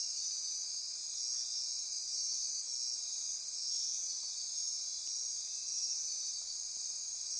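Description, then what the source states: Insect chorus of many callers producing an unbroken high, ringing and faintly pulsing trill throughout. Insect chorus recorded at midnight near Corcovado.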